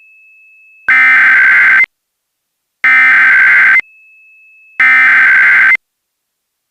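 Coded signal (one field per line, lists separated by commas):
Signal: Emergency Alert System (SAME) tones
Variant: header bursts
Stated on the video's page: Simulated, fictional EAS scenario within an entertainment film.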